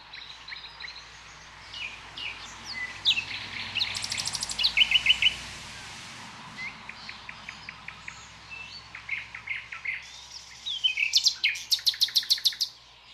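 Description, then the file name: Common nightingale song of rapid repeated notes and buzzy trills in bursts, set against steady background noise with a low rumble. "Luscinia megarhynchos"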